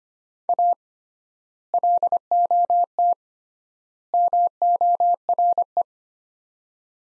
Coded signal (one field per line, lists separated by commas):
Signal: Morse code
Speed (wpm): 25 wpm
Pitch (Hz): 700 Hz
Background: none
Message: A LOT MORE